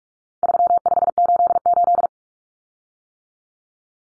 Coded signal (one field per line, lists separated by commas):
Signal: Morse code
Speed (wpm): 44 wpm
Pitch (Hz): 700 Hz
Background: none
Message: 3588